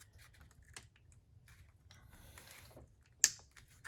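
While removing an engine's ignition coils, a regular screwdriver pushes the plastic lock on an ignition coil's electrical connector inwards, with faint scraping and rustling. A single sharp, loud click at 3.2 s marks the connector clip snapping open and releasing, followed by a few soft taps.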